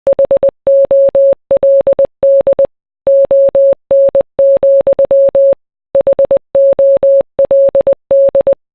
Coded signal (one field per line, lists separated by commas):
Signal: Morse code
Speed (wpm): 20 wpm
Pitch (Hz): 550 Hz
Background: none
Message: HOLD ON, HOLD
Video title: Drake - Passionfruit (MORSE CODE VERSION)